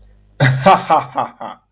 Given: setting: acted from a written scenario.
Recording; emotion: vocal sound without words; amusement